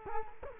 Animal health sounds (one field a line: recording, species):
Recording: mosquito wingbeat signal from an infrared sensor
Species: Culex quinquefasciatus